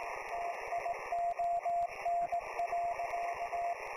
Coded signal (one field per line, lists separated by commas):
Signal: Morse code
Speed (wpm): 18 wpm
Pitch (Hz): 690 Hz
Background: radio noise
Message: TION.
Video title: 5/11/26 Live WV3V - FTDX-10, HF, VHF, CW , FT8, ADS-B